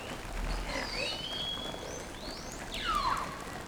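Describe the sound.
Whale calls: a few squealing upward and downward sweeps over a steady background hiss.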